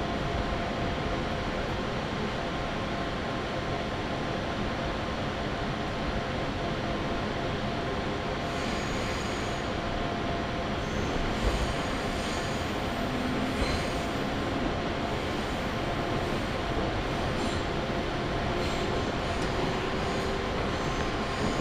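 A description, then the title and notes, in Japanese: Onboard a train running between two stations, the ride is a constant, dense rumble with steady rolling noise at an even level throughout. Faint humming tones sit under it, and from around eight seconds on, brief brighter rattles and squeals come and go. 中央西線 十二兼→木曽福島。十二兼駅を過ぎると単線区間が出てきます。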